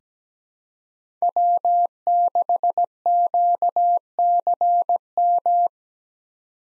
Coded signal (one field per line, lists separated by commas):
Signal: Morse code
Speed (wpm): 17 wpm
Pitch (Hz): 700 Hz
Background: none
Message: W6QCM